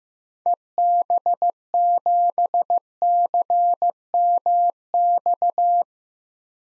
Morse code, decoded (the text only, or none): EB7CMX